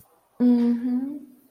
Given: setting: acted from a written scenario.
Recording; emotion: vocal sound without words; pride